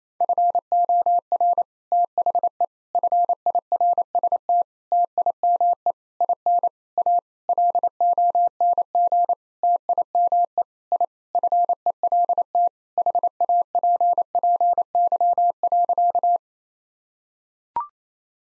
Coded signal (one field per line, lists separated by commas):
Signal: Morse code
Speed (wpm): 28 wpm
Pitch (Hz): 700 Hz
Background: none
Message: FOR THE FIRST TIME IN A LONG TIME I FELT HAPPY.